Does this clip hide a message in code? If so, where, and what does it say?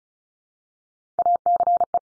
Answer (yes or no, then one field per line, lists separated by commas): yes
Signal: Morse code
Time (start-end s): 1.2-2.0 s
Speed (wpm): 36 wpm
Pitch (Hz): 700 Hz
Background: none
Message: ACE